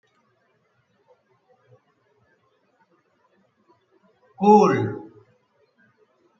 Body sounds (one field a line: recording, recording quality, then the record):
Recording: sustained vowel as in boot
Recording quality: moderate, slight background noise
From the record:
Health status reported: COVID-19 positive, mild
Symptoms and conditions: cold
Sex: female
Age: 33 years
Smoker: not ticked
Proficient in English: no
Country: India